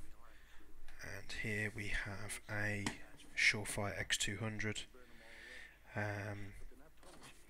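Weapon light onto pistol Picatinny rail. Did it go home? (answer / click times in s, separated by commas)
no / none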